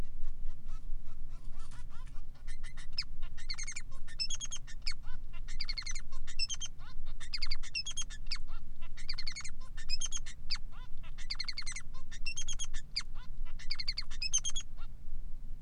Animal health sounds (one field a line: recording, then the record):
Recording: song of a male Bengalese finch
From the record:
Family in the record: son of father 3